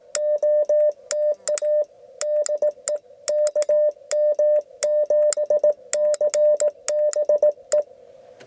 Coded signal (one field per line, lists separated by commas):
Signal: Morse code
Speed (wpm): 18 wpm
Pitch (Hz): 600 Hz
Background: none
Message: OTA DE KM7CBE